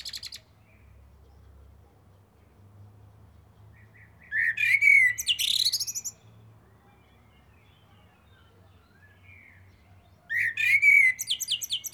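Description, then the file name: Eurasian blackbird song: two fluty phrases about six seconds apart, each a mellow whistle followed by high squeaky chatter, with silence between. "Turdus merula"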